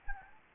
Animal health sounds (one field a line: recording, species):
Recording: mosquito wingbeat signal from an infrared sensor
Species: Anopheles gambiae